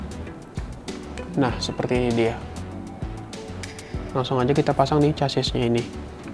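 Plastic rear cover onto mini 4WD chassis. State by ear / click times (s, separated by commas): not seated / none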